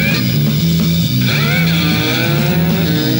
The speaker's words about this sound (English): Traffic is moving underground and then it's coming up again. As if they're going under a tunnel of sort.